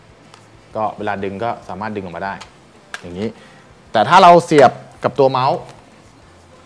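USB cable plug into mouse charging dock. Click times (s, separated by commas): 0.3 s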